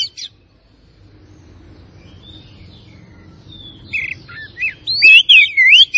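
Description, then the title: Oriental magpie-robin: songbird whistles building up after a quiet start, ending in a loud run of looping, warbled notes over a low background rumble. Tretes; described as gacor, in full, persistent song. "Kacer Tretes"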